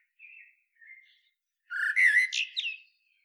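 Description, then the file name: Common blackbird song: two soft, low warbled notes, then a louder fluty phrase that ends in a squeaky high twitter. "Turdus merula"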